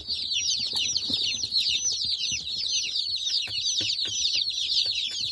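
Chicken chicks peeping constantly, many high descending cheeps overlapping in a dense chorus.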